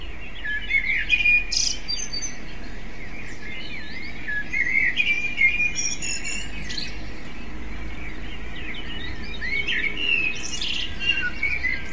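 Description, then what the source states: Common blackbird delivering phrases of mellow whistles and high, thin flourishes, with pauses between, over a steady wash of noise. Recording device: MZ-N 710.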